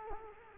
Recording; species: mosquito wingbeat signal from an infrared sensor; Culex quinquefasciatus